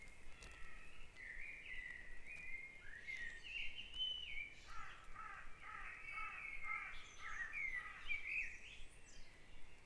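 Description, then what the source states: Birdsong from several birds, with warbling phrases early on and then a quick run of repeated chirping notes in the second half. Dawn chorus at Back Dragon Avenue, Harrogate, part of the Sound Map of Harrogate.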